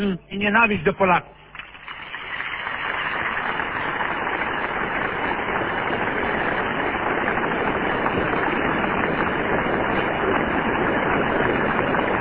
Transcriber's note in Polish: długie oklaski